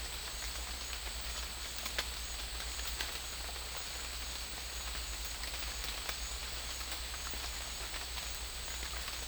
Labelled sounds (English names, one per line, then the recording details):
none
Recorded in dense forest near Puerto Asís, Putumayo, Colombia, on 21 December 2024 at 11:30
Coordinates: 0.486, -76.317
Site G003